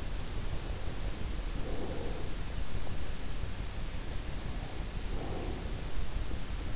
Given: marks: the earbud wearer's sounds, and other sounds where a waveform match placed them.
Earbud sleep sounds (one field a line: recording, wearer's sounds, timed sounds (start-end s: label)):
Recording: sounds in sleep by an in-ear microphone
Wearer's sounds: breath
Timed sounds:
1.21-2.69 s: breath
4.69-6.18 s: breath